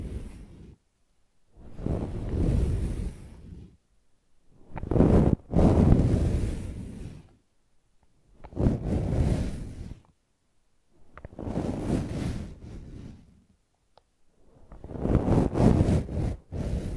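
Brushing and scratching come in separate two-second strokes with short silent gaps, rough and dense, carrying low rumble beneath brighter crackly bursts.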